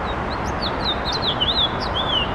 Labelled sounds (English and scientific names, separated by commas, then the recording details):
House Finch (Haemorhous mexicanus) song
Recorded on Long Island, New York, on 7 June 2012
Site SU
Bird B